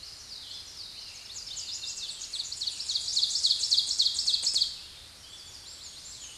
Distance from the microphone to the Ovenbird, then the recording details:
about 5 m. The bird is about level with the microphone. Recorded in a Pennsylvania forest on 16 May 2024 at 06:15. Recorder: AudioMoth, point MSD-2131. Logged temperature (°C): 14.8 °C. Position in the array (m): 38 m, 24 m